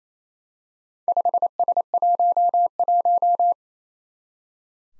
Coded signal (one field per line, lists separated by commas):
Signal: Morse code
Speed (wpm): 29 wpm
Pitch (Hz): 700 Hz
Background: none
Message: 5S11